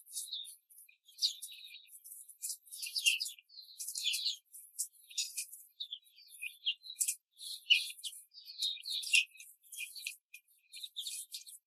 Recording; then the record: young laying hens in a cage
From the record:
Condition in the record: control cage, before the stress test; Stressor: none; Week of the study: 4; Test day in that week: 3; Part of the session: 2